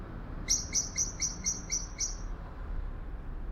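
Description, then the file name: Eurasian blackbird calling with a quick row of seven hard, clicking high notes lasting under two seconds, then quiet low background noise. "Turdus merula"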